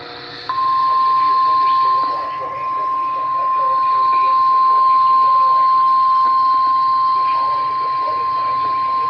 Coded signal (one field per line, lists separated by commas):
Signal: Emergency Alert System (SAME) tones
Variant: 1050 Hz attention tone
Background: speech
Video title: Some Strong To DESTRUCTIVE Storms with 60-80mph wind gusts... EAS Alerts From 7/28/23. (EAS 258-281)